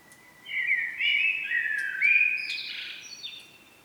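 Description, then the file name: Common blackbird singing one warbled phrase lasting about three seconds, mellow and wavering at first, then rising into a thinner, higher twittering ending. "Turdus merula"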